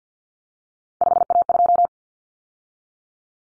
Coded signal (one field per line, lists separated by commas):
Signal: Morse code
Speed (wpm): 50 wpm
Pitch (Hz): 700 Hz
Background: none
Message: 5A2